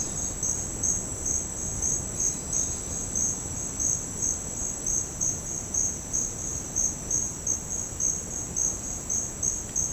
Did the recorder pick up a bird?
no